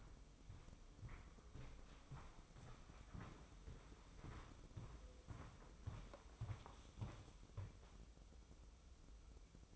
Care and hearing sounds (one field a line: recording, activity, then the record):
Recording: daily activity, microphone in the room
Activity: walk to room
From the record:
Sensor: 1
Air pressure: 995.6 hPa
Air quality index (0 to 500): 36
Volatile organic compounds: 1 ppm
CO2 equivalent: 625 ppm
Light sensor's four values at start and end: 30/104/40/41 and 28/98/37/39